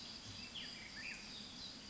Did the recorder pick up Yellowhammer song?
no